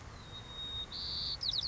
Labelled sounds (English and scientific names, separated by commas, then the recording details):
White-crowned Sparrow (Zonotrichia leucophrys)
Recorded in Sonoma County, California